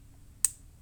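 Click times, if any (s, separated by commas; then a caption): 0.4 s. An MMCX cable connector is pushed onto an in-ear monitor's metal socket and snaps into place, giving one sharp, bright click at 0.5 s that stands out clearly against a low background hum. A much fainter tick follows at the very end, and the connector is seated.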